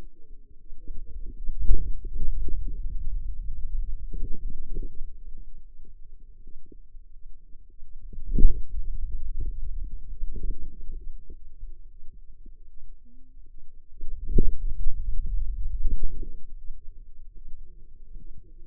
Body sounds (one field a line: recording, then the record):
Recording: forearm muscle sounds (acoustic myography)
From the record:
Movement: hand closing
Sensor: system 2, bracelet of six BSWA MPA416 microphones around the upper forearm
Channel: 5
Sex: female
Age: 25 years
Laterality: right